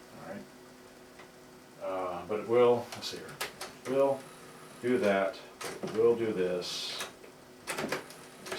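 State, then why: Not seated. Someone talks while pressing the play key lever on the tape mechanism of a National RX-5100 radio-cassette player, which should latch in the down position. Short sharp mechanical sounds come near the end, at about 7.7, 7.9 and 8.5 seconds. The key springs back without locking, so nothing has seated or clicked into place.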